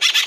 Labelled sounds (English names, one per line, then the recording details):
Brown-throated Parakeet contact call
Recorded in Margarita
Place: Mangroves NW of Las Tetas de Ma. Guevara
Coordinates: 10.962, -64.143